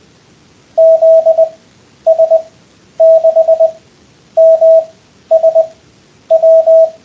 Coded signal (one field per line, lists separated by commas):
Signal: Morse code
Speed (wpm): 20 wpm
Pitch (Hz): 660 Hz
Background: none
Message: ZS6MSW